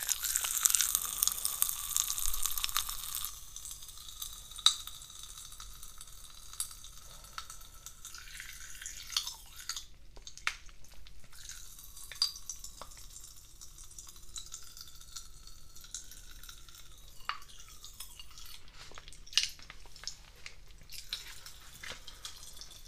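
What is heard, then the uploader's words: Pop Rocks crackle and fizz, starting with a dense, bright hiss for the first three seconds that quickly thins out. After that, sparse sharp pops and small snaps come at irregular intervals over a faint, steady, quiet crackle, with occasional louder clicks. ASMR Pop Rocks. Looped Twice.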